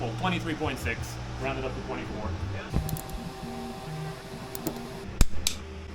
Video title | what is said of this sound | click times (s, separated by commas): Changing all the fluids on the R nine T. | there you go you got a click so again we're just getting this snug not super tight | 5.2 s